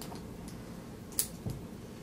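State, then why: Seated. Two halves of an e-bike kit wiring connector are lined up and pushed together into their mating plug. A sharp, loud latch click comes at 1.2 s, with a softer tick near 1.5 s over a low background hum. The connector is seated with a healthy click.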